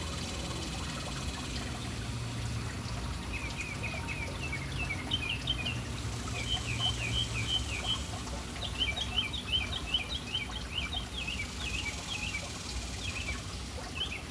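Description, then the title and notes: Birds giving quick runs of bright, high chirps in bursts from about three seconds on, above a constant low roar of splashing water. City birds hanging around a fountain in an urban setting. "Urban birds at fountain. Relaxing sounds of City Birds hanging around fountain"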